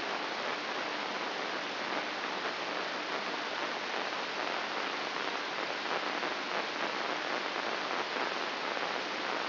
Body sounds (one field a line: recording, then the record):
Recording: brain microelectrode recording played as sound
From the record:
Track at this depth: inside the subthalamic nucleus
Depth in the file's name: 5.483 mm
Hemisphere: left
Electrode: 2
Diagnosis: Parkinson's disease